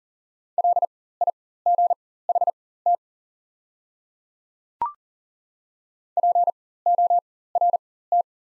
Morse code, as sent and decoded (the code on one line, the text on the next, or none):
.-.. .. --. .... - / .--. --- .-. -
LIGHT PORT